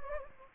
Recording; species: mosquito wingbeat signal from an infrared sensor; Anopheles gambiae